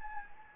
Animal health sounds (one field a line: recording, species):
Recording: mosquito wingbeat signal from an infrared sensor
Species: Anopheles gambiae